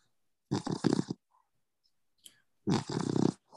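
A dog named Blue snoring in a small room, with cute little snores.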